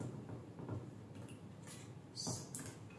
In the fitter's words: Notice that when it is inserted correctly, you'll hear a slight click.